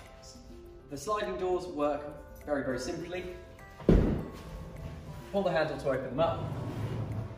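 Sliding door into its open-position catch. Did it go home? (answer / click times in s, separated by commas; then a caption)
no / none. Someone talks over background music while the sliding side door of a Ford Nugget campervan is handled, its handle pulled to open it and slid back toward its open-position catch. A sharp thud sounds at about 3.9 s. The door has not yet clicked into the catch that stops it sliding forward.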